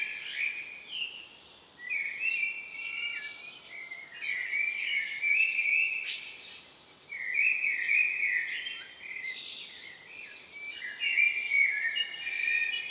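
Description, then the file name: Common blackbird song: a run of mellow warbled phrases, each ending in squeaky higher twitters, repeating with short pauses. "Turdus merula"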